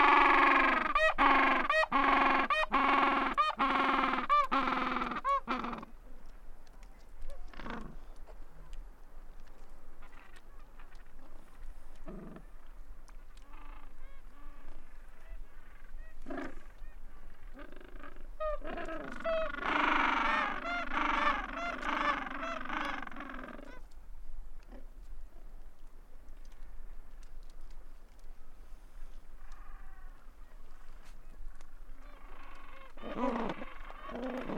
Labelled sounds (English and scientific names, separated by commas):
Gentoo Penguin (Pygoscelis papua) call